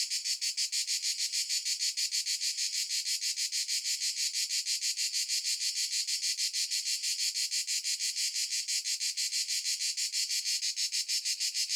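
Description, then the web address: Cicada buzzing in a dense, even trill with rapid regular pulses, unbroken for the whole stretch and nothing else audible. Single cicada at noon in the countryside of Italy. "justsoundeffects - Crickets and Cicadas. Single Cicada Noon Countryside Italy"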